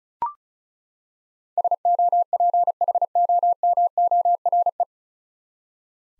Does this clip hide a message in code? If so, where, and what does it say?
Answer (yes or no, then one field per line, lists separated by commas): yes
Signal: Morse code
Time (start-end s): 1.6-4.8 s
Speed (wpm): 36 wpm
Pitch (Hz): 700 Hz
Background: none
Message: SOPHOMORE